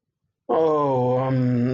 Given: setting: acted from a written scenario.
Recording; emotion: vocal sound without words; embarrassment